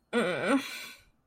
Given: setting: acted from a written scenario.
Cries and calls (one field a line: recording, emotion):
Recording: vocal sound without words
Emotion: shame